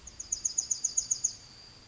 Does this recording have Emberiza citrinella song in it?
yes